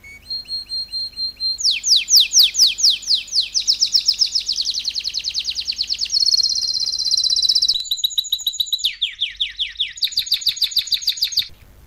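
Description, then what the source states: Canary pouring out continuous song: fast descending sweeps, dense rolling trills and higher buzzy passages, changing phrase every few seconds without a break. Belgian canary, male singing a lot; used to warm up young birds.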